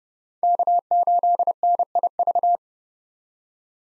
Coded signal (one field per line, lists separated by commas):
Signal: Morse code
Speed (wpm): 30 wpm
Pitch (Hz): 700 Hz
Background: none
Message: K8NIV